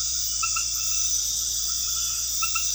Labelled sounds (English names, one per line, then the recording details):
none
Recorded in pastures near Puerto Asís, Putumayo, Colombia, on 8 March 2025 at 22:00
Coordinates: 0.502, -76.324
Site GP07